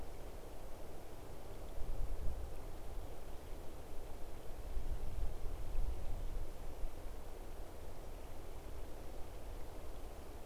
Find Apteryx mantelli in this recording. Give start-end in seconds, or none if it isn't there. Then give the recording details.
none. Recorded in New Zealand on 5 November 2015. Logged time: 22:59. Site CQ72